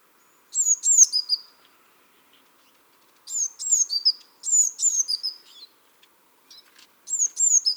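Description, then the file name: Eurasian blue tit calling: repeated high-pitched phrases of two thin notes and a lower slurred ending, about four bursts. "Cyanistes caeruleus"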